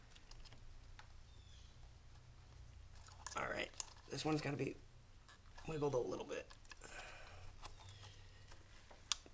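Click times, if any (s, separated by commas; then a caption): 9.1 s. Someone talks while a wiring connector is wiggled a little on another fuel injector of an E55 AMG engine. The connector is then pushed home with a sharp snap at 9.1 s, and it seats with a good click.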